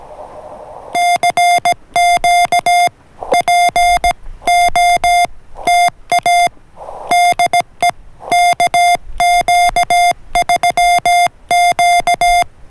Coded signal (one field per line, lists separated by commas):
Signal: Morse code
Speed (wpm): 17 wpm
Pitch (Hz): 700 Hz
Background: music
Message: CQ POTA DE KQ3Q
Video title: Listen and Copy Morse Code - #CW #morsecode